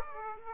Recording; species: mosquito wingbeat signal from an infrared sensor; Aedes aegypti